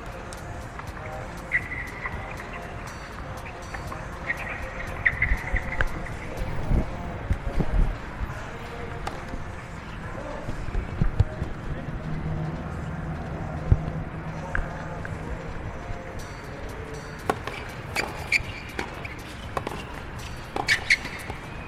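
Crowd murmur and scattered voices at the US Open tennis tournament, with frequent sharp clicks and knocks and occasional brief tones.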